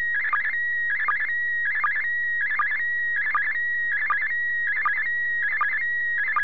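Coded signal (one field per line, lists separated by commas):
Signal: SSTV (slow-scan television)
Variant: PD 180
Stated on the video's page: SSTV received from the International Space Station.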